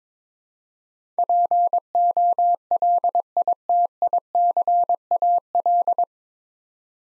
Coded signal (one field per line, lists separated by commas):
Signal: Morse code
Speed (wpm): 22 wpm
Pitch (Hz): 700 Hz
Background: none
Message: POLITICAL